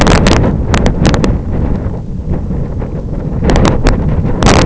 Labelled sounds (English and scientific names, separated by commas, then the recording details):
none
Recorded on Arctic tundra, site IGLO-F, on 26 June 2018
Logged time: 08:00